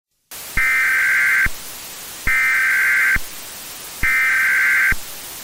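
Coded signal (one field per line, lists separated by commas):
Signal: Emergency Alert System (SAME) tones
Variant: header bursts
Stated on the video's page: Fictional rushed EAS scenario of a West Coast evacuation.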